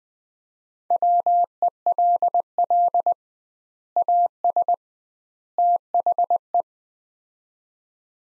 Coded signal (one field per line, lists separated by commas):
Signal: Morse code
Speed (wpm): 20 wpm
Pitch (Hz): 700 Hz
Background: none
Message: WELL AS THE